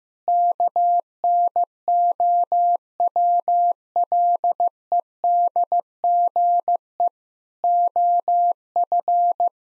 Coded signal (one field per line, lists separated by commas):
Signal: Morse code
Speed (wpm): 15 wpm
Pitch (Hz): 700 Hz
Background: none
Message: KNOWLEDGE OF